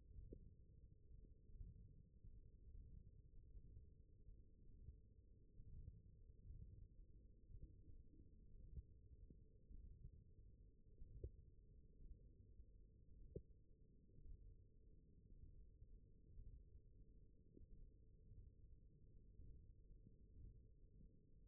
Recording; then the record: forearm muscle sounds (acoustic myography)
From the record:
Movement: radial deviation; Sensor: system 1, eight BSWA MPA416 microphones around the upper forearm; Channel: 1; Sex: male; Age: 21 years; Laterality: right